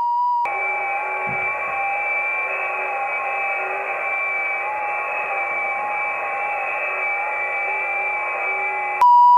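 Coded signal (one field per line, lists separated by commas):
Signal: FT8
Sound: dense chorus of many soft steady tones for about nine seconds, bracketed by a plain beep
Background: radio static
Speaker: it's around 9pm and we're just testing 40 meters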